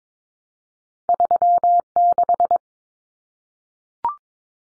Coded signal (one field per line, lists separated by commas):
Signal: Morse code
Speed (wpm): 22 wpm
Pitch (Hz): 700 Hz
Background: none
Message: 36